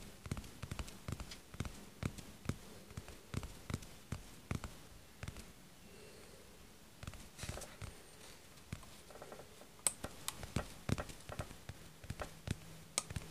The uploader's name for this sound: Tapping ASMR (aggressive)